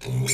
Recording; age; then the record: pig call; weaner (32 to 43 days)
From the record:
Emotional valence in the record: negative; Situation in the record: short isolation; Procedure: open field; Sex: female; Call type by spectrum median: low-frequency call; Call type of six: mixed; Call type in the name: high-frequency modulated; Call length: 0.33 s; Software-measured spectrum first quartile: 163 Hz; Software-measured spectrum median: 2003 Hz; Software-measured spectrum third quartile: 6288 Hz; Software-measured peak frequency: 7370 Hz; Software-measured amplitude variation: 103 dB a second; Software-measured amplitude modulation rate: 21.0 a second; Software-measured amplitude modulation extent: 4.9 dB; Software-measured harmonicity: 3.9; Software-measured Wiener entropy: -4.09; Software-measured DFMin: 1034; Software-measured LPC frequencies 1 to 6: 2262, 3407, 4029, 5452, 6393, 7462 Hz